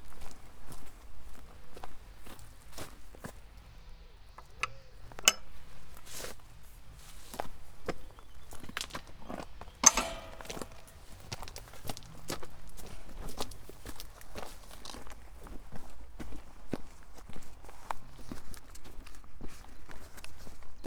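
Footsteps on a walk along the East Devon Way, a steady run of sharp, crisp steps landing every fraction of a second over a constant low rumble. A louder scraping burst stands out around the ten-second mark before the steady stepping resumes.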